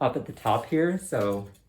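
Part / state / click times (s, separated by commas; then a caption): parasol runner into the upper spring catch on the shaft / not seated / none. Someone talks while the runner of a bare parasol frame is worked toward the upper spring catch on the shaft, and the ribs are not yet locked up. Only speech is heard over the short clip, with no distinct click. Nothing has seated or clicked yet.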